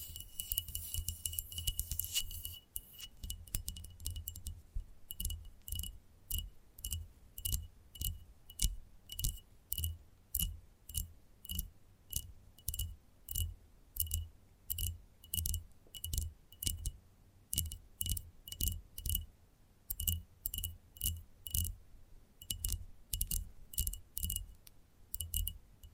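Gentle tapping in a steady, even rhythm of roughly two to three taps per second, each a crisp click with a faint glassy ring and a soft low knock underneath. The first few seconds hold a denser rustling scratch before the regular taps take over.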